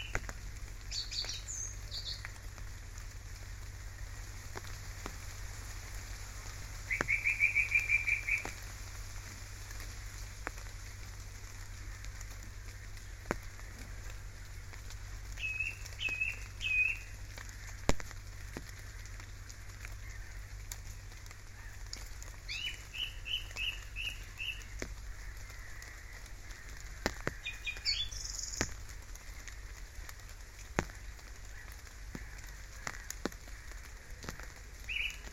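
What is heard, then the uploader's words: Light rain patters steadily, with scattered drips and ticks over a low, constant rumble. Birds call intermittently: a clear trilling phrase near eight seconds, short chirps around sixteen and twenty-three seconds, and higher, brighter calls near twenty-eight seconds. Rain & Birdsong - Ranworth Broad, Norfolk.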